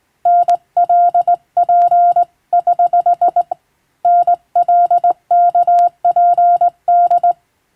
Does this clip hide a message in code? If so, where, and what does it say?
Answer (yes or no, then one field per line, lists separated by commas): yes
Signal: Morse code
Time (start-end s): 0.3-7.3 s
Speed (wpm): 20 wpm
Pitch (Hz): 700 Hz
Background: none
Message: NLP<HH> NLKPD